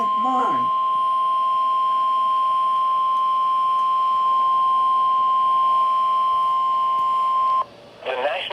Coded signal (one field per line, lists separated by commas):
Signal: Emergency Alert System (SAME) tones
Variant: 1050 Hz attention tone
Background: speech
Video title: NEVER ENDING FLOODING!!! (EAS Alerts from 11/11/20-11/12/20 EAS #54-78)